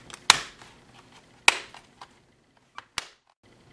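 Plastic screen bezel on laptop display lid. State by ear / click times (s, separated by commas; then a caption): released / 0.3 s, 1.5 s, 3.0 s. The plastic screen bezel of an HP Pavilion dv6-2155dx laptop is pried off the display lid, starting from the sides. Sharp clicks sound at 0.3, 1.5 and 3.0 seconds as the clips release, with a few fainter ticks in between. After the last click the frame comes free.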